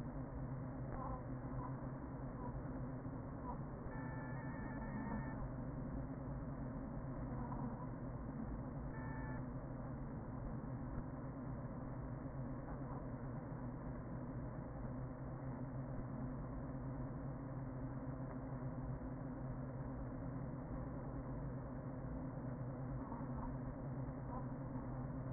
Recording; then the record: honeybee colony, microphone inside the hive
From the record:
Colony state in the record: queen present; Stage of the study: after two queens were removed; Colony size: about 40,000 bees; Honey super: no